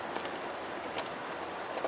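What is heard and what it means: A clear plastic side marker lens for a 2003 CL55 AMG is hooked into the two hooks on the car's fender opening and pushed in until it snaps into place. Over a steady, faint broadband background, two short, sharp clicks ring out at 1.0 s and 1.8 s as the lens seats. The lens is confirmed seated in the fender.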